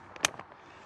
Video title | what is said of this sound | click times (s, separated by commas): Hammock Camping / Stealth Camping/Near Busy Road | that one just locked in place now you can see it's goes up a another notch | 0.2 s